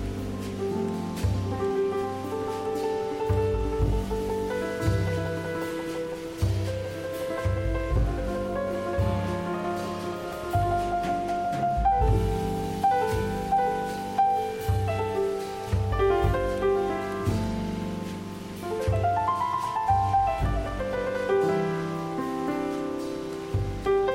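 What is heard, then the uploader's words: Jazz piano plays a steady flow of chords and low bass notes over a constant hiss of rain throughout. A Paris Jazz Adventure: Piano and Rain. There is a jazz piano playing and it's raining outside.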